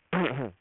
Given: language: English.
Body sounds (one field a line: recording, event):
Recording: throat vibration sensor signal played as sound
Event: throat clearing